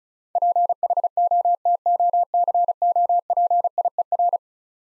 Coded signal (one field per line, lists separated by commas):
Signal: Morse code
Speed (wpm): 36 wpm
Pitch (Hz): 700 Hz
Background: none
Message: PHOTOCOPIER